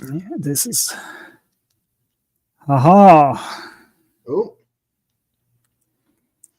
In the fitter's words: it's so satisfying when the little click happens and you know okay